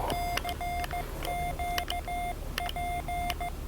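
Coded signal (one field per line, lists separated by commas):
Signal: Morse code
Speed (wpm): 15 wpm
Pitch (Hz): 700 Hz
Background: none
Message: CQ P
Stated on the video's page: Morse copying practice from a POTA park activation at Biscayne National Park, reached by boat.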